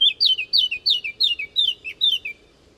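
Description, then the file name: Eurasian blackcap giving a steady series of about seven clear, bright notes, each sliding downward, evenly spaced and then stopping. "Sylvia atricapilla"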